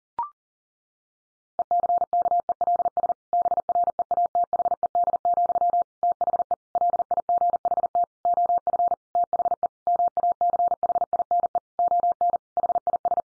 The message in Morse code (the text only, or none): ECKELS BREATHED, THE LIGHT OF THE MACHINE ON HIS